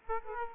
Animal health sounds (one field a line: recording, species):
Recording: mosquito wingbeat signal from an infrared sensor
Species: Aedes aegypti